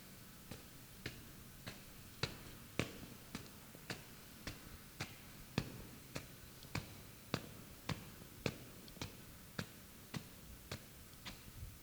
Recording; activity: daily activity, guitar pickup as the sensor; walk